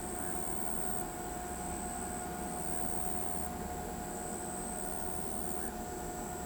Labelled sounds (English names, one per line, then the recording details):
none
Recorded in pastures near Pivijay, Magdalena, Colombia, on 14 April 2023 at 21:30
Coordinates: 10.456, -74.369
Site P6-G026